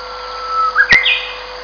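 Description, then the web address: Japanese bush warbler song: a long steady whistled note that swells, then a quick rising flourish into a higher, clear ending phrase. Recorded at Takao. "takao uguisu"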